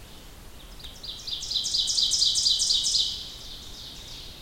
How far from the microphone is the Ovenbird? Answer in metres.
about 15 m